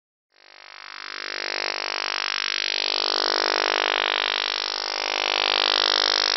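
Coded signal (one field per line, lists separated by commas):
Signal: radar signal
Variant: PLUTO OTHR, 50 Hz FMCW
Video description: This video is an example of the British PLUTO (also called PLUTO II) Over The Horizon Radar (OTHR), from the island of Cyprus, transmitting on 4 different frequencies, simultaneously.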